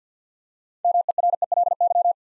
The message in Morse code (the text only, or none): MERELY